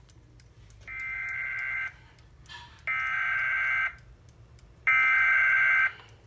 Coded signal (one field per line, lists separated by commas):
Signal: Emergency Alert System (SAME) tones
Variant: header bursts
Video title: May 4th Madness EAS# 473-499 from 5/4/21